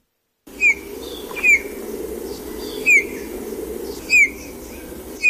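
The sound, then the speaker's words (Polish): A Eurasian bullfinch gives soft, clear piping calls, about five short descending whistles spaced roughly a second apart, over a steady low background hum. “Za co warto polubić Gila? Jest to ptak wielu talentów.”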